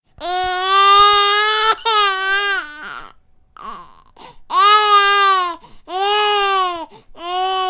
Newborn Baby cry.